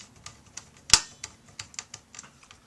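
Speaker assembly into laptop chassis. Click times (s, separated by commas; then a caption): 0.9 s. During a motherboard replacement on an HP Pavilion DV4 laptop, a plastic speaker assembly is taken out and pressed back into its spot in the laptop chassis. Light, scattered clicking and tapping runs through the clip, broken by one sharp, loud snap at 0.9 s. The speaker assembly snaps into place and is seated.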